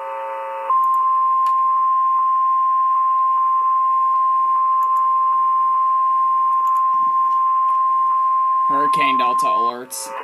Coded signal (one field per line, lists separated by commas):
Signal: Emergency Alert System (SAME) tones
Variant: 1050 Hz attention tone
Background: speech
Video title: The Same EAS 375 on WAHC-PGH